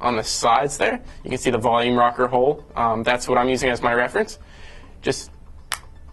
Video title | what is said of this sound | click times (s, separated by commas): HTC Droid Incredible Covers | apply pressure till you hear that snap on one side that side's closed and | 5.7 s